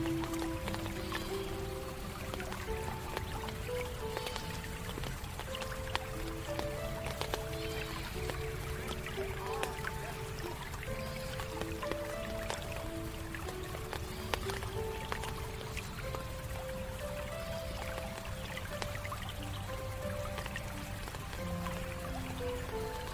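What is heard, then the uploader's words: Raindrops fall steadily on leaves, a dense patter of soft ticks and drips that never lets up. A slow, gentle melody of held mid-range notes plays over the rain throughout, with a low, soft rumble underneath. The overall level stays even. Relaxing forest fantasy village. Water flow. Raindrops falling on leaves. Fantasy music.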